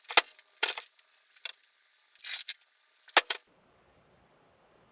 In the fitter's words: Well, it's better, but it still doesn't latch all the way.